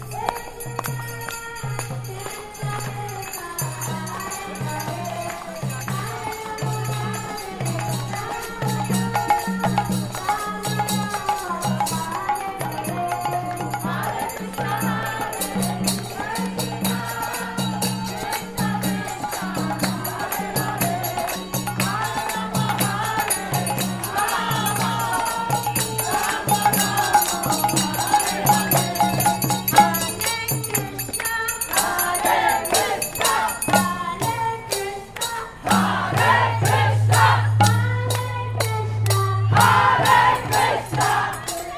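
A chariot festival street parade in Ximending, Taipei, with people dancing: a steady drum beats in a quick, even pulse under continuous singing voices and crowd chatter, with sharp cymbal-like clashes throughout. Near the end the drumming thins and a sustained low tone takes over.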